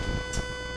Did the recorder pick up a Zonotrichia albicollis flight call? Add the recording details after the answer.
no. No flight call is heard. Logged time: 01:02 on 3 September 2014